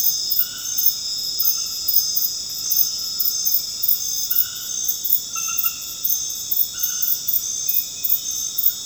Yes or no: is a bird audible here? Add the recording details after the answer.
no. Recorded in dense forest near Puerto Asís, Putumayo, Colombia, on 8 March 2025 at 22:00. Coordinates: 0.486, -76.317. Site G053